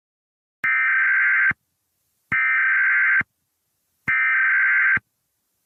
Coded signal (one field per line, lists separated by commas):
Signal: Emergency Alert System (SAME) tones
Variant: header bursts